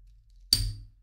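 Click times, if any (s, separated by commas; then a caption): 0.5 s. Picking the last pins of a 50 mm Stanley metal padlock with a pick and tension wrench turns the core, and the steel shackle springs open with a sharp, loud metallic click at 0.5 s that rings briefly before fading. The padlock is released.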